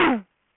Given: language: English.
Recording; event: throat vibration sensor signal played as sound; throat clearing